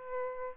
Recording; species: mosquito wingbeat signal from an infrared sensor; Aedes aegypti